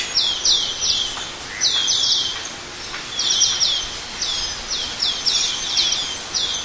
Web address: asian glossy starling call